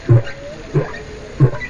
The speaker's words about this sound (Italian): Per esempio, questi sono delfini.